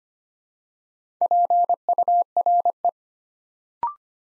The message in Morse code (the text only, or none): PURE